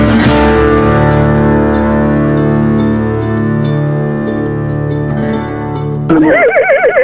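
horse neighing

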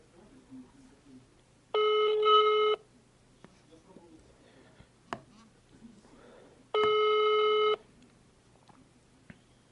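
phone call ringing unanswered

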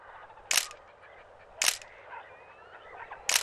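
camera shutter clicking

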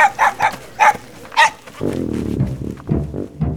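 dog barking

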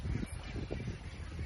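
ducks quacking

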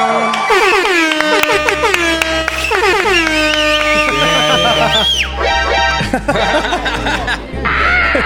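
air horn blast

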